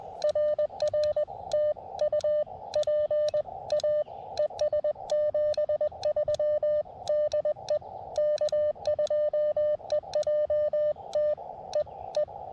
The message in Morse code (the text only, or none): RR TU PA ES 73 DE K2EJT E E